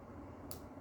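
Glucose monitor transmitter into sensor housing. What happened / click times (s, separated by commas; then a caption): The first of two expected clicks sounded; the part is only partly seated / 0.5 s. A plastic DexCom G6 glucose monitor transmitter is hooked in one side and pushed down into the sensor pod on the skin, against a low, steady background. A single short, quiet click sounds at 0.5 s, the first of the two expected clicks, so the transmitter is only partly seated.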